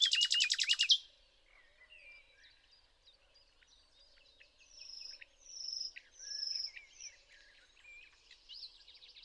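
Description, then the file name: Common nightingale song starting with a short loud rattle, then quieter varied notes and a few high, thin whistles. "Luscinia megarhynchos"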